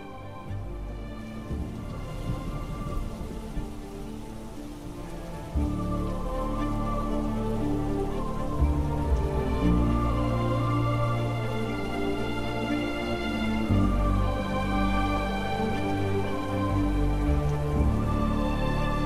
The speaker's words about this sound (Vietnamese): Trên bầu trời, mưa vẫn chưa dừng lại. Thậm chí mưa càng lúc càng nặng hạt hơn.